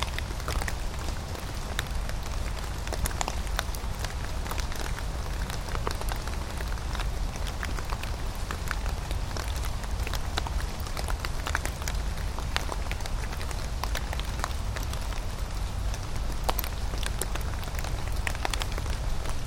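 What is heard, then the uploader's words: Rain falls steadily on leaf litter, trees and puddles in a wood, a dense, even patter with no letup. Sharp individual drops tick out constantly across the wash, some bright, over a low, soft rumble underneath. Field recording made in Leigh Woods, Bristol. It was a rainy day, so much of the subject matter is the sound of rain against the leaf mould, the trees, and puddles. Gear: Sony PCM-M10.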